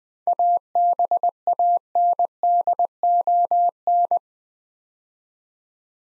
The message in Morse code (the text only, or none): ABANDON